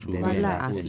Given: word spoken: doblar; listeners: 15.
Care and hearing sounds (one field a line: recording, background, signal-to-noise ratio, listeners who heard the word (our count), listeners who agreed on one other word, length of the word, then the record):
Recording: one Spanish word in noise, from a listening test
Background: four-talker babble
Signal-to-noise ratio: -1.1 dB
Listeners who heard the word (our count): 0 of 15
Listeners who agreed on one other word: 10 of 15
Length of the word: 0.49 s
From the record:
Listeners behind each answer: 10, 1, 1, 1, 1, 1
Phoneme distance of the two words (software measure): 17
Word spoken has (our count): 2 syllables, 6 phonemes, stress on syllable 2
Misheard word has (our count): 2 syllables, 5 phonemes, stress on syllable 2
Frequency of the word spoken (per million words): 4.81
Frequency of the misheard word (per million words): 197.47